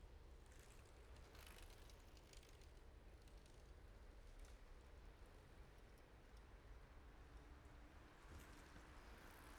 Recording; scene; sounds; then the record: everyday scene through a hearing-aid microphone; in traffic; traffic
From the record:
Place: main road on the outskirts, rush hour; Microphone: behind the ear, right, rear